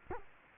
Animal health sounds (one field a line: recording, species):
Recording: mosquito wingbeat signal from an infrared sensor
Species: Culex quinquefasciatus